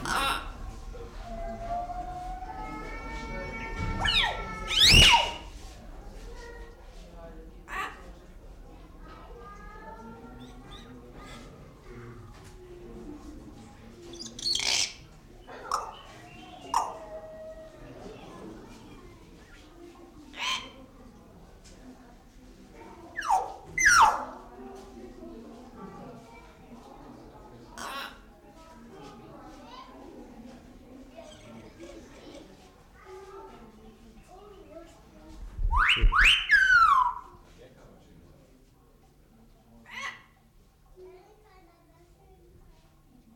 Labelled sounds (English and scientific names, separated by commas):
Common Hill Myna (Gracula religiosa)